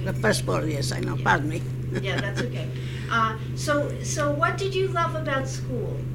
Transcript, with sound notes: The first war, yes, I know. Pardon me. (she laughs)
Yeah, that's okay. So, so what did you love about school?